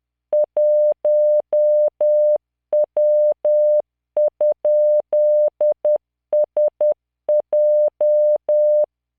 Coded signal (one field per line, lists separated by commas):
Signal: Morse code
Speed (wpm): 10 wpm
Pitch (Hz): 600 Hz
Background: none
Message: 1W?SJ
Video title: tamanのモールス練習動画85（モールス信号 速度10WPM morse code)